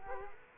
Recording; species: mosquito wingbeat signal from an infrared sensor; Culex quinquefasciatus